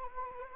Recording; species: mosquito wingbeat signal from an infrared sensor; Anopheles arabiensis